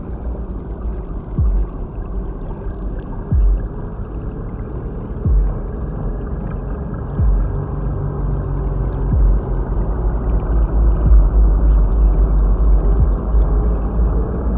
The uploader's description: Space station ambient